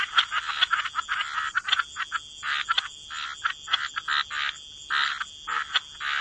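Frog chorus of rapid, rasping croaks in short bursts with brief gaps between them.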